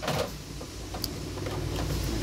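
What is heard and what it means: A removable part of a Panasonic NP-TM8 dishwasher, which had not gone into its correct groove on the first try, is pushed back into its guide groove with a sharp, short click at 1.0 s. The catch is then latched, and the part is seated. Low background hum runs throughout the clip.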